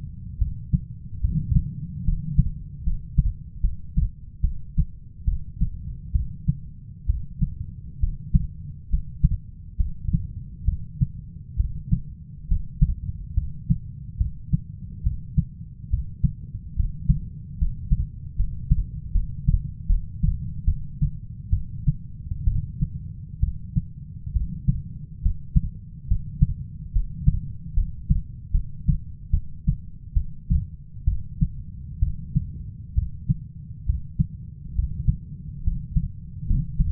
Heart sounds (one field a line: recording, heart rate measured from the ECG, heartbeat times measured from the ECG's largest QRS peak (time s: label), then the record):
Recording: heart sounds by stethoscope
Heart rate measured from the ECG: 70 bpm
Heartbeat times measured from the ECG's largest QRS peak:
0.38 s: heartbeat
1.21 s: heartbeat
2.04 s: heartbeat
2.83 s: heartbeat
3.61 s: heartbeat
4.41 s: heartbeat
5.25 s: heartbeat
6.12 s: heartbeat
7.06 s: heartbeat
8.00 s: heartbeat
8.89 s: heartbeat
9.77 s: heartbeat
10.65 s: heartbeat
11.56 s: heartbeat
12.47 s: heartbeat
13.34 s: heartbeat
14.17 s: heartbeat
15.03 s: heartbeat
15.90 s: heartbeat
16.76 s: heartbeat
17.58 s: heartbeat
18.36 s: heartbeat
19.12 s: heartbeat
19.87 s: heartbeat
20.65 s: heartbeat
21.50 s: heartbeat
22.44 s: heartbeat
23.40 s: heartbeat
24.33 s: heartbeat
25.22 s: heartbeat
26.07 s: heartbeat
26.92 s: heartbeat
27.74 s: heartbeat
28.51 s: heartbeat
29.31 s: heartbeat
30.14 s: heartbeat
31.05 s: heartbeat
31.99 s: heartbeat
32.95 s: heartbeat
33.86 s: heartbeat
34.75 s: heartbeat
35.64 s: heartbeat
36.47 s: heartbeat
From the record:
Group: healthy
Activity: rest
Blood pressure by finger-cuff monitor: 142/71 mmHg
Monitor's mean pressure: 93 mmHg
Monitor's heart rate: 70 bpm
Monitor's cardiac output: 6.2 L/min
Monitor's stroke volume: 89 mL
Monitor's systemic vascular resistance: 1080 dyn s/cm5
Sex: female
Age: 37 years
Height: 168 cm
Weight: 70 kg